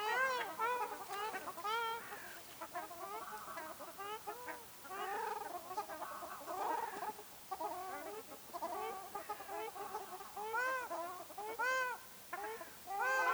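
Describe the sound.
Ruddy shelduck honking chorus, nasal arched calls from many birds, busier early, then spaced bursts toward the end.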